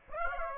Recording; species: mosquito wingbeat signal from an infrared sensor; Aedes aegypti